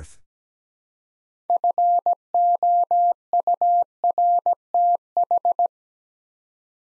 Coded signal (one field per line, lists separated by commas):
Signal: Morse code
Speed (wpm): 17 wpm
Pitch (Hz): 700 Hz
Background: none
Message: FOURTH